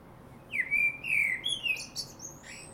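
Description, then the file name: Common blackbird giving one clear phrase: a sliding fluted whistle, a second warbled note, then a run of thin high squeaky notes. "Turdus merula"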